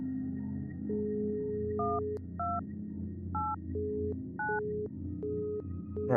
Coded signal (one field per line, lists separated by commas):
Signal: DTMF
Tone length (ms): 220 ms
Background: music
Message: 1289